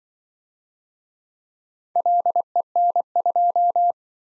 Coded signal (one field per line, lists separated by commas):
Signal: Morse code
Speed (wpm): 25 wpm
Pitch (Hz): 700 Hz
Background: none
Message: LEN2